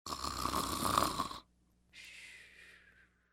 Human Female Snoring.